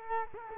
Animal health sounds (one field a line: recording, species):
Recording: mosquito wingbeat signal from an infrared sensor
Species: Culex quinquefasciatus